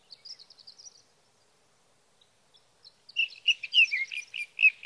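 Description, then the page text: Sage thrasher: faint high thin notes open, then after a silent gap a sage thrasher launches into rich, fast warbled song phrases. Male singing through the night near his night roost, evening of June 12 to morning of June 15, 2018, Sierra Valley, California; night songs, captured with a Swift recorder. "Sage thrasher songs, through the night. from the evening of June 12 to the morning of June 15, 2018, in Sierra Valley, California"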